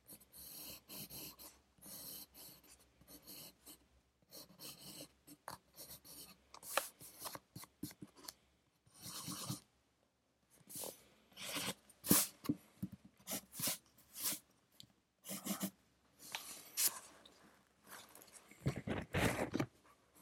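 A pencil scratches across paper in short, irregular bursts of writing, each stroke a dry, bright rasp separated by brief pauses. A faint steady hiss sits underneath throughout. Strokes grow sharper and louder after the midpoint, with a longer scribbling run near the end.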